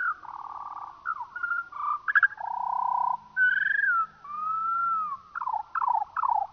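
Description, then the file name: Eurasian skylark song, lowered by slowing: long buzzy trills alternating with clear whistled slides and a few quick descending chirps near the end. Slowed down. "skylark slowed down"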